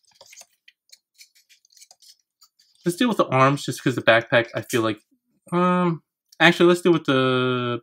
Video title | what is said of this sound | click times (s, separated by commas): Transformers X-Transbots Toy MX-IX Paean (MP Hoist) | but once you get that in like this, push it, you'll hear it click into place, and that's solid. | 0.7 s